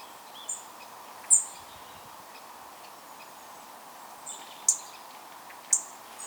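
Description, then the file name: European robin uttering several short, sharp high ticks spaced about one to three and a half seconds apart, with faint thin notes between them against constant background hiss. "Erithacus rubecula"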